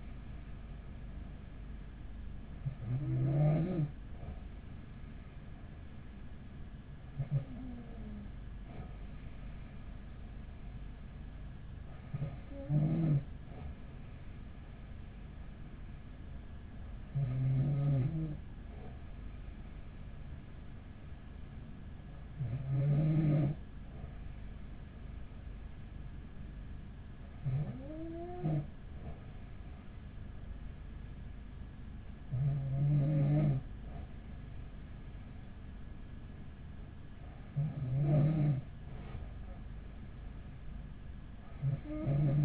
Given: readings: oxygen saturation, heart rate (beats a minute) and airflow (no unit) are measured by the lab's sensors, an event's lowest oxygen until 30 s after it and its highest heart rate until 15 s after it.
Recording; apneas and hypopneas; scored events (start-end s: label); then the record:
breathing in sleep by a smartphone at the bedside; none
none scored
From the record:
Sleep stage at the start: N2 (light sleep); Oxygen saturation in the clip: 94 to 95%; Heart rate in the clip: 41 to 46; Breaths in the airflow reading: 8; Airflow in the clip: -7.2 to 5.5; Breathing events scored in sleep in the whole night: 207 in 7.6 hours asleep